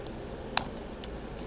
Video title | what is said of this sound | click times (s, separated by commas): Full iPhone Screen Color Replacement. Easiest Way! | Yep, I heard it click. It's secure in there. | 0.6 s